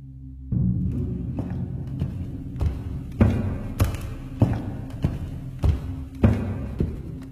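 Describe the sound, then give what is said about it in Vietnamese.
Heavy footsteps outside of a man wearing black leather shoes thud in a slow, steady series, about ten dull, low impacts over a constant low rumble, with no voices. “Tiếng bước chân ở bên ngoài cứ vang lên, nghe có vẻ nặng nề lắm.”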